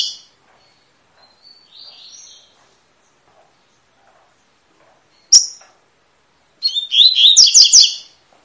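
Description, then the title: Double-collared seedeater song: scattered soft whistles and a sharp chip, then a lively phrase of rapid repeated slurred notes near the end. Tui-tui song type, fibra (spirited) bird; teacher song used to train young birds. "COLEIRO TUI TUI FIBRA"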